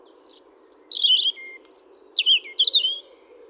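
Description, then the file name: European robin song, varied and high: thin whistles, squeaky warbled notes and quick downward slurs, with short gaps between phrases, over a gentle low hum. "Erithacus rubecula"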